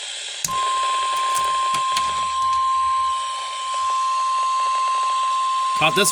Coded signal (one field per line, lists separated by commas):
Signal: Emergency Alert System (SAME) tones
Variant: 1050 Hz attention tone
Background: speech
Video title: Another Flood Warning. | EAS#547